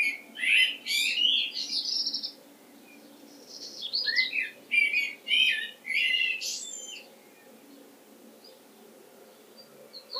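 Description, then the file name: Common blackbird: two bursts of high, chirpy twittering phrases separated by a short pause, then quiet. "Turdus merula"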